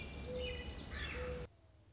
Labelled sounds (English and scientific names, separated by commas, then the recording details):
Mourning Dove (Zenaida macroura)
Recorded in Sonoma County, California